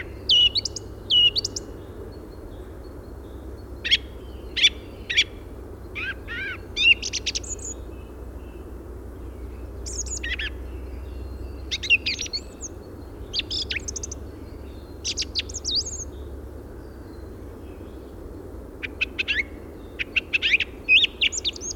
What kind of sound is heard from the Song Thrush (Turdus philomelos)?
song